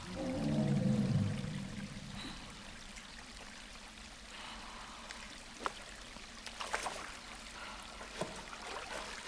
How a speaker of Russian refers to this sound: Вода течет, значит, выход есть.